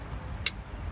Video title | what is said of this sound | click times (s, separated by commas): Fixing a P0753 on a GM with a 4L60E transmission | make sure it clicks | 0.5 s